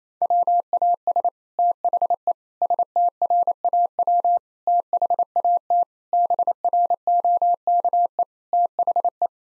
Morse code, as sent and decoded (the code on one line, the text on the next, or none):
.-- .- ... / - .... . / ... - .-. .- .-- / - .... .- - / -... .-. --- -.- . / - .... .
WAS THE STRAW THAT BROKE THE